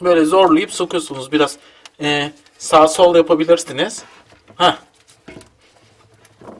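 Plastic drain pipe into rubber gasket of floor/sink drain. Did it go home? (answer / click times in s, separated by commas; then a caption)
no / none. Someone talks while a plastic drain pipe is forced and wiggled side to side into the black rubber gasket of a floor/sink drain, with a few faint handling taps near the end. The pipe has not seated yet; nothing has clicked or gone home by the end of the clip.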